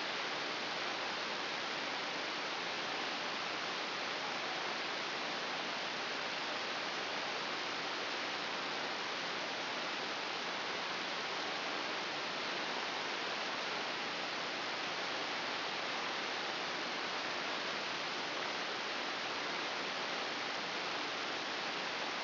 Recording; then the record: brain microelectrode recording played as sound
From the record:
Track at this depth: inside the subthalamic nucleus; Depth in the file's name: 6.333 mm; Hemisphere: right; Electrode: 2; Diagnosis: Parkinson's disease